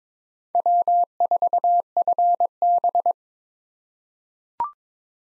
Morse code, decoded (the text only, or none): W4FB